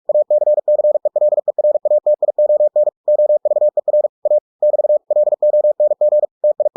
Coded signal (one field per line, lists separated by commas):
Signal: Morse code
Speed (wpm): 46 wpm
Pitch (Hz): 600 Hz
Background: none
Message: ACCELERATION OVER A <BT> LONG TI